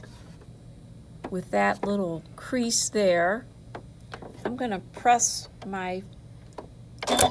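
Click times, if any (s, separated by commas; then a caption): 7.0 s, 7.2 s. A snap-on zigzag presser foot of metal and plastic is fitted to the shank of a Janome 9450 sewing machine: the presser foot bar is lined up over the foot's pin and the presser foot lever is lowered. Someone talks throughout, then sharp clicks at 7.0 s and 7.2 s mark the foot snapping onto the shank. The foot is seated.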